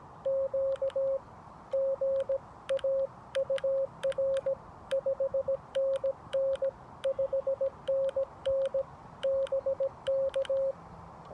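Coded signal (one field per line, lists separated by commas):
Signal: Morse code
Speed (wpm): 17 wpm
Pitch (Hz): 540 Hz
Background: none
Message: Q GAUR 5NN 5NN BK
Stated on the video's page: CW sent at about 17 wpm with a 3D-printed paddle on a Xiegu G90 during portable Parks On The Air activation QSOs at a state park.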